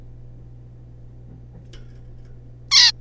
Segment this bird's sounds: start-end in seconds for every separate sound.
2.71-2.92